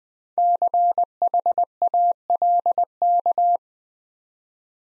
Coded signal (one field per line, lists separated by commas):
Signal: Morse code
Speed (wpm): 20 wpm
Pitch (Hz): 700 Hz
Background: none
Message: CHALK